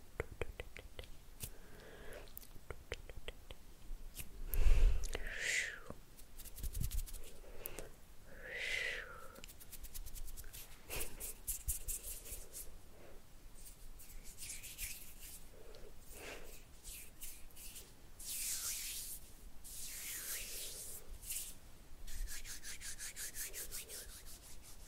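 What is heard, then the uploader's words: Hands rub and brush in repeated strokes, some sharp and hissing, with short vertical clicks and a louder swipe near five seconds. Hand Sounds and Plucking Negative Energy for Sleep Hand Movements, Minimal Talking.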